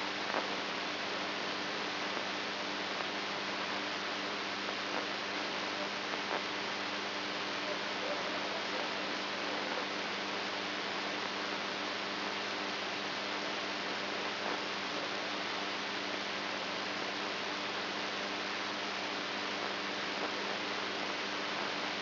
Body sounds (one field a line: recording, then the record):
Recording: brain microelectrode recording played as sound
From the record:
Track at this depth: inside the subthalamic nucleus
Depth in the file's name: 3.717 mm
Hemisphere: right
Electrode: 2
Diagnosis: Parkinson's disease